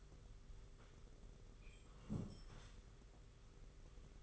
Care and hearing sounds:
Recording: daily activity, microphone in the room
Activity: sit down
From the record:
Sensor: 4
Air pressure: 991.3 hPa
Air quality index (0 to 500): 137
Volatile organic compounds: 54 ppm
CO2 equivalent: 3352 ppm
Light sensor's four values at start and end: 24/79/29/30 and 24/79/29/30

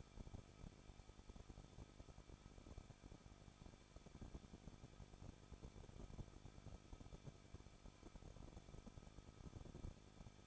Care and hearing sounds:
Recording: daily activity, microphone in the room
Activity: no activity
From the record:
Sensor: 5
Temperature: 20.9 degrees Celsius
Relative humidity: 38.2%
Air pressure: 1006.4 hPa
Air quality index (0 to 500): 189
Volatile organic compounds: 19 ppm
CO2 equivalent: 2663 ppm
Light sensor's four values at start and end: 2/3/1/1 and 2/3/1/1

